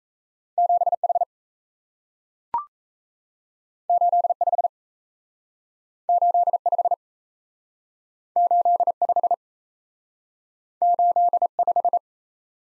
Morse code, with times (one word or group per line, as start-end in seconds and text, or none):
0.6-0.9 7
1.0-1.2 H
3.9-4.3 8
4.4-4.7 5
6.1-6.6 8
6.7-6.9 5
8.4-8.9 8
9.0-9.3 5
10.8-11.5 8
11.6-12.0 5